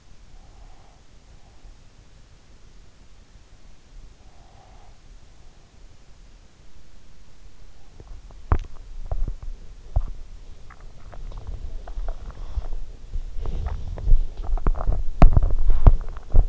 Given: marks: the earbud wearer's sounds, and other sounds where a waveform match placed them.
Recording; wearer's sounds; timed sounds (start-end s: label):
sounds in sleep by an in-ear microphone; breath, body movement
0.00-1.98 s: breath
4.12-5.92 s: breath
7.90-16.49 s: body movement